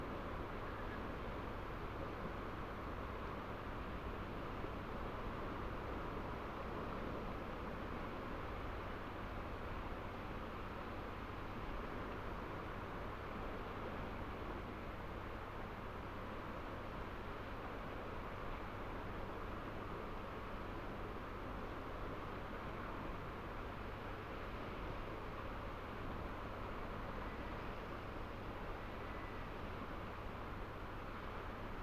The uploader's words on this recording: Fishing village harbour at night. From here, steep up a winding path above the harbour, the ocean waves crash onto the ancient seawalls of St Abbs on the east coast of Scotland, in full spatial detail. Swirling currents of bouncing swell, softened by less than a hundred yards, into a rich textured white noise emulsion.